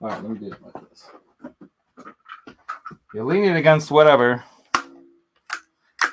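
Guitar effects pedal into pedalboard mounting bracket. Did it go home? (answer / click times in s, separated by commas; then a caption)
yes / 4.8 s. A guitar effects pedal is pushed into its mounting bracket on a pedalboard while someone talks, and it snaps into place with one sharp click at 4.8 s. The pedal is seated and locked in, so it will not fall out if bumped.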